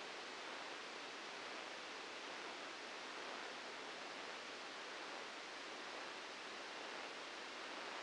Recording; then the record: brain microelectrode recording played as sound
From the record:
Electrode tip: outside the subthalamic nucleus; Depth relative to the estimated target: 2 mm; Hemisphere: left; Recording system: NeuroSet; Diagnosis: Parkinson's disease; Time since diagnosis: 8 years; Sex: male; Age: 59 years